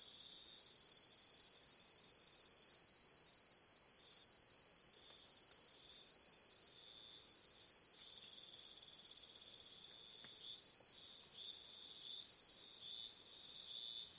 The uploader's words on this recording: Nature sounds at night in Mexico: Crickets, Cicadas and Insects. Sian Ka'an Biosphere Reserve in Mexico. The crickets and cicadas sing a melodic tune, as the chorus of insects and the serene calls of nocturnal birds add to the harmony.